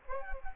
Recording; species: mosquito wingbeat signal from an infrared sensor; Culex quinquefasciatus